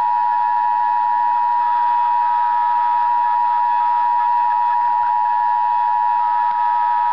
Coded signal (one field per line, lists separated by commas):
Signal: Emergency Alert System (SAME) tones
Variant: 853 and 960 Hz attention tone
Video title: Real EAS Alert #6 - Flood Warning